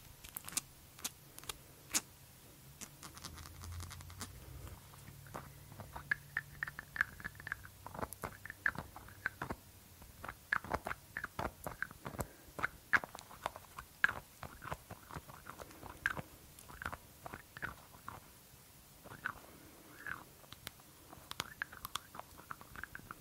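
A glass dropper bottle and its lid are handled in a steady run of small clicks, taps and light scrapes, coming every fraction of a second throughout. Some ticks ring bright and glassy. A low hum sits underneath for the first ten seconds.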